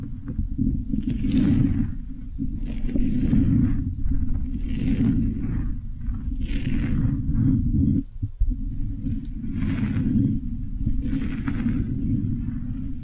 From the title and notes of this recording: ASMR Your Brain is Fluffy Like Cloud Cozy Brushing, Squishy Triggers for Sleep (No Talking).